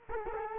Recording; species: mosquito wingbeat signal from an infrared sensor; Culex quinquefasciatus